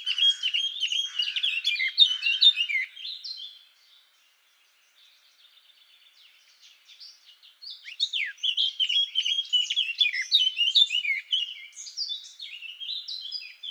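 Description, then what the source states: Eurasian blackcap warbling in busy, rapid phrases, falling quiet for a few seconds, then resuming with another sustained stretch of fast chattering song. Recorded 17 June 2014 in Garching.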